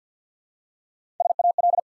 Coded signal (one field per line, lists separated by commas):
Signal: Morse code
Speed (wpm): 48 wpm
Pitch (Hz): 700 Hz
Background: none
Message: SAL